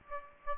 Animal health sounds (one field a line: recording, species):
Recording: mosquito wingbeat signal from an infrared sensor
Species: Aedes aegypti